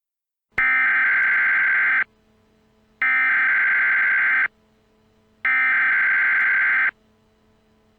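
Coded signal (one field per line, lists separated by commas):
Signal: Emergency Alert System (SAME) tones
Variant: header bursts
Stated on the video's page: Fictional rioting EAS scenario, not a real alert.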